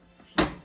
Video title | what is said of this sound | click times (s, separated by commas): Ninja Crispi Review - A Glass Air Fryer? | place it on your counter or on the container then place the powerp onto it until it clicks in | 0.4 s